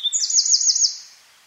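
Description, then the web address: Eurasian wren giving a brief high trill, a short pure note followed by a fast rippling run of looping notes that fades out after about a second. "SETE data Troglodytes troglodytes"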